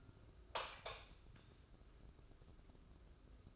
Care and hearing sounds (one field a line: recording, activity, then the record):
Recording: daily activity, microphone in the room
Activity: light on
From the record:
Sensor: 2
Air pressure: 995.2 hPa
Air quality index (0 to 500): 69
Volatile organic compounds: 2 ppm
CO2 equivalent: 1202 ppm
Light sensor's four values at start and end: 8/18/7/8 and 12/35/14/14